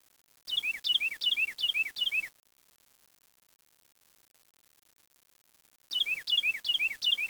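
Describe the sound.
Bird calling in two bursts of quick repeated whistled phrases, each a high note dropping into downward slurs, separated by several seconds of quiet.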